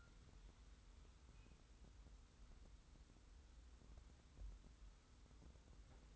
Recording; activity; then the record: daily activity, microphone in the room; wipe stove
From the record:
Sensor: 3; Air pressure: 990.4 hPa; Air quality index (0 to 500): 185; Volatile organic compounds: 1000 ppm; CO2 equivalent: 6028 ppm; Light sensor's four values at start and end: 46/108/44/42 and 46/108/44/41